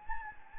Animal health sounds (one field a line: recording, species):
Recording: mosquito wingbeat signal from an infrared sensor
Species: Anopheles gambiae